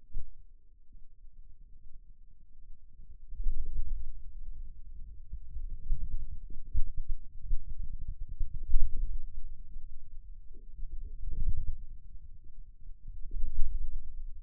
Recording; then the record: forearm muscle sounds (acoustic myography)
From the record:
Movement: inward rotation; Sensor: system 2, bracelet of six BSWA MPA416 microphones around the upper forearm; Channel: 2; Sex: male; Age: 22 years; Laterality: right